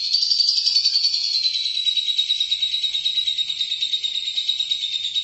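Lovebird song: an unbroken, rapid, buzzy high twitter, slightly falling in pitch, steady and loud throughout.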